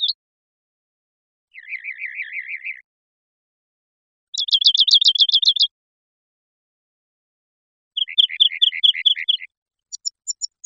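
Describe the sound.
Rock wren singing a series of distinct trilled phrases, each a rapid run of repeated notes at a different pitch, with pauses between them.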